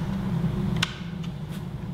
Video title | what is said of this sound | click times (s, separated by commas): Changing Batteries for the TX-6010-0-1 Smoke Detector | it's been clicked back into place | 0.8 s